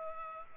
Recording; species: mosquito wingbeat signal from an infrared sensor; Culex pipiens